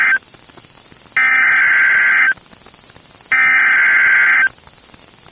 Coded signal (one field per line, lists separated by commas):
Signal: Emergency Alert System (SAME) tones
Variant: header bursts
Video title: NOAA Weather Radio · WXJ96 Monroe, Louisiana · EAS #4 · Tornado Warning · 12/28/24